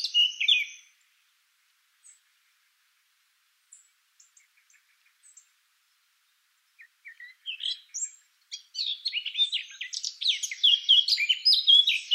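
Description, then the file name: Eurasian blackcap with a brief warbled phrase at the start, faint scattered notes, then a long, dense, fast warbling song building to the end. "Sylvia atricapilla"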